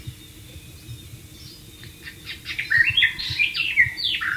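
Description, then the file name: White-rumped shama song, quiet scattered notes at first, then a loud burst of whistled slurs and chattering phrases in the final two seconds. "suara burung murai batu di alam liar"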